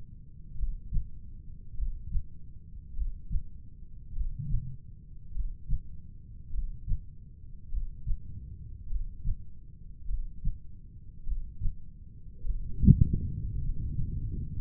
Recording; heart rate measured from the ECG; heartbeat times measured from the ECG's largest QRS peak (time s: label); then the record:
heart sounds by stethoscope; 51 bpm
0.59 s: heartbeat
1.78 s: heartbeat
2.97 s: heartbeat
4.16 s: heartbeat
5.35 s: heartbeat
6.54 s: heartbeat
7.73 s: heartbeat
8.91 s: heartbeat
10.09 s: heartbeat
11.27 s: heartbeat
12.45 s: heartbeat
13.63 s: heartbeat
From the record:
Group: heart failure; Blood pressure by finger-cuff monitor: 95/58 mmHg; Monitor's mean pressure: 67 mmHg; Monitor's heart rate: 51 bpm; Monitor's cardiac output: 3.5 L/min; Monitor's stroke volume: 70 mL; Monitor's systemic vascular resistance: 1370 dyn s/cm5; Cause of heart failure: cardiac sarcoid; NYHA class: 1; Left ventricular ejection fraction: 39%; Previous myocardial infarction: absent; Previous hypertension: absent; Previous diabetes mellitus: absent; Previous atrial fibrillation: present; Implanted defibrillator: present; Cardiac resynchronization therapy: absent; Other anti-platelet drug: absent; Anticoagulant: apixaban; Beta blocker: carvedilol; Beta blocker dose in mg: 50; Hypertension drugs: ramipril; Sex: male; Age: 79 years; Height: 184 cm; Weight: 92.5 kg